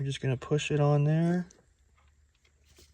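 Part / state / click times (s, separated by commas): GPS antenna plug into the back of a car head unit / not seated / none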